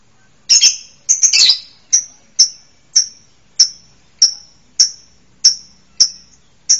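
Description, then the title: Bird calls: a few jumbled high chirps at the start, then evenly spaced sharp chips about every half second. "LuckyBurung MasteranBest"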